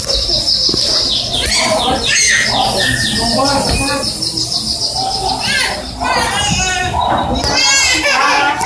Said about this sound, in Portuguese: Olha, Douglas com os passarinhos, com as crianças falando, também é sobre isso, né?